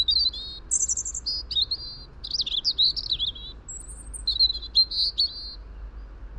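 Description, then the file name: European robin delivering a long, varied song of high warbles, quick trills and squeaky notes, almost without pause, over soft hiss. "Erithacus rubecula"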